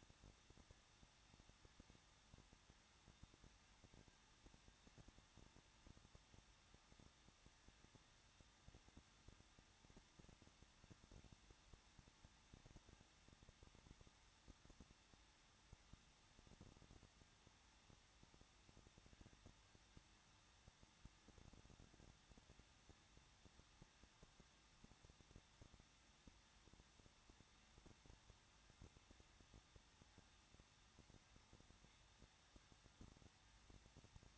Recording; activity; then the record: daily activity, microphone in the room; no activity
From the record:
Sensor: 3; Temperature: 21.2 degrees Celsius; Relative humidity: 36.3%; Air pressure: 1006.3 hPa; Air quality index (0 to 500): 222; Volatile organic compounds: 41 ppm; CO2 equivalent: 3160 ppm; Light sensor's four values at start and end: 2/3/2/2 and 2/3/2/2